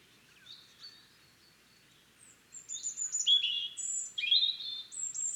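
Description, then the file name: European robin song, scattered high thin notes building into a fuller run of sliding whistles and trills. "Erithacus rubecula"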